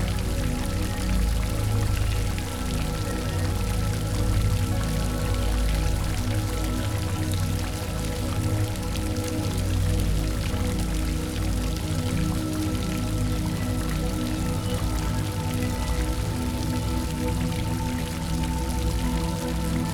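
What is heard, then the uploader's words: A park water fountain splashes without pause, a dense, even patter of falling water like heavy rain on a surface. The sound holds steady throughout, full, with a low rumble underneath and a few faint steady tones threaded through the wash. Splashes of a Park Water Fountain.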